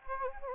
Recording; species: mosquito wingbeat signal from an infrared sensor; Anopheles gambiae